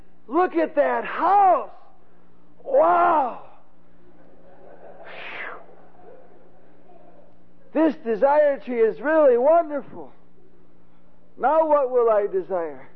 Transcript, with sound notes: Look at that house!! Wow!! (Laughter ) desire tree is really wonderful, now what will I desire?